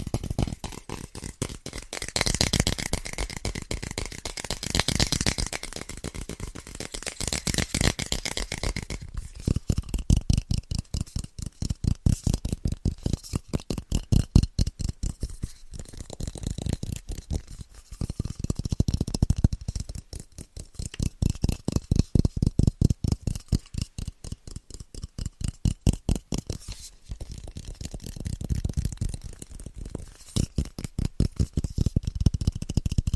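Rapid tapping and scratching by hand runs throughout, a dense stream of quick clicks. The first nine seconds are brighter and hissier, like scratching; after that the taps turn lower and thuddier, coming in bursts that swell and fade every few seconds.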